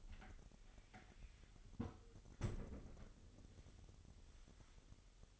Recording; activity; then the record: daily activity, microphone in the room; close fridge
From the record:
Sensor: 4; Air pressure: 989.2 hPa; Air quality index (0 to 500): 225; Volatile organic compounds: 85 ppm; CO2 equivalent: 3646 ppm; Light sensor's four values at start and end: 26/92/34/36 and 27/93/34/36